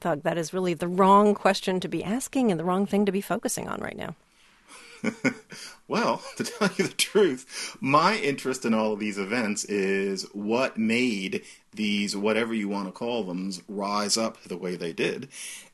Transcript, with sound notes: That is really the wrong question to be asking and the wrong thing to be focusing on right now.
(Laughter). Well, to tell you the truth, my interest in all of these events is what made these whatever-you-want-to-call-thems rise up the way they did.